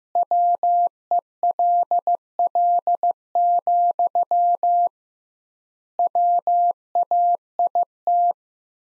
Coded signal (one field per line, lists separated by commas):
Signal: Morse code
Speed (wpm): 15 wpm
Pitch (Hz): 700 Hz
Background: none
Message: WELL, WAIT